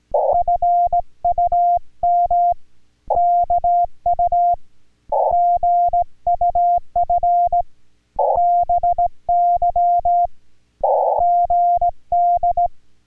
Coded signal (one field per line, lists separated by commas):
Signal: Morse code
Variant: Korean alphabet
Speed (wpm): 18 wpm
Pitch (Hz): 700 Hz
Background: music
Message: 님 이 신 데 스